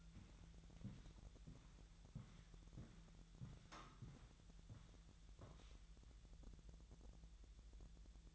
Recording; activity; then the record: daily activity, microphone in the room; walk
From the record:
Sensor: 3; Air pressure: 1002.0 hPa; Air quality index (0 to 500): 240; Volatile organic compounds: 107 ppm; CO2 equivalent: 3797 ppm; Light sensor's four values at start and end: 8/20/8/9 and 8/19/8/8